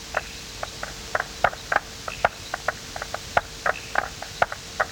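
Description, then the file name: Striped marsh frog calls: many brief hollow tok notes at irregular intervals. "Limnodynastes peronii"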